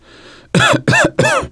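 Three short, forceful coughs in quick succession from an adult male.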